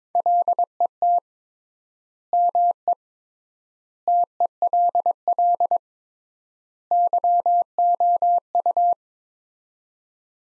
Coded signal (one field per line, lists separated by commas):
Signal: Morse code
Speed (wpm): 22 wpm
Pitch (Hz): 700 Hz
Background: none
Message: LET ME TELL YOU